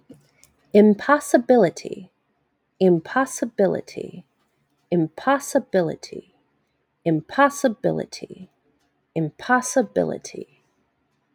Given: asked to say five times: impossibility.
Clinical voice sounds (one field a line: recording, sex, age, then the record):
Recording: repeated word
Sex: female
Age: 30 to 39 years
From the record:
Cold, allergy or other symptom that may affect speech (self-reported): no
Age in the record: 36 years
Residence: Louisiana, United States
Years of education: 16